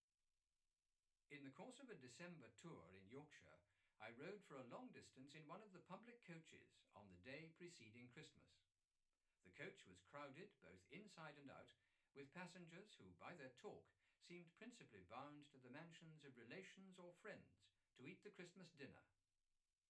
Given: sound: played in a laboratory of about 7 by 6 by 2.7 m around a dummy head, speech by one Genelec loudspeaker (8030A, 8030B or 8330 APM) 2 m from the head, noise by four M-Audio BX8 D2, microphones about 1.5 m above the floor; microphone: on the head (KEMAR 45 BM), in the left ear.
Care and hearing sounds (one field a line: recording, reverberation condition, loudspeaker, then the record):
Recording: male speech in English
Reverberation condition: low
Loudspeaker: 150 degrees to the left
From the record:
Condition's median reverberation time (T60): about 310 ms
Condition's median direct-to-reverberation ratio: about 3.5 dB